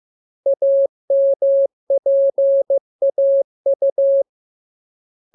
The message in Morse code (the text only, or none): AMPAU